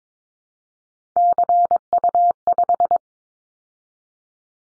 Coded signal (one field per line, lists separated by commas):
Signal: Morse code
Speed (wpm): 22 wpm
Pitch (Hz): 700 Hz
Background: none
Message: CU5